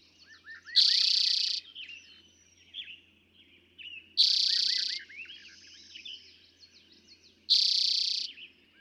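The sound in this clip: Eastern towhee song: a loud, fast buzzy trill lasting under a second, repeated about every three and a half seconds, over a busy chorus of other chirping birds.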